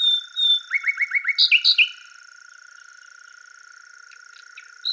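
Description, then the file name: Common nightingale song: two soft whistles, a rapid series of repeated sharp notes, then loud buzzy phrases before a pause. "Luscinia megarhynchos"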